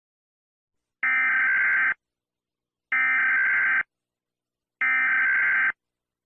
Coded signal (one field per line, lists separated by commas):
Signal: Emergency Alert System (SAME) tones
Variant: header bursts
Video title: EAS Scenario: End of the Universe